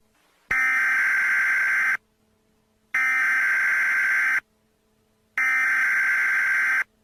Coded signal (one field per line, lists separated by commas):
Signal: Emergency Alert System (SAME) tones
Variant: header bursts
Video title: TOA #175-EAS#4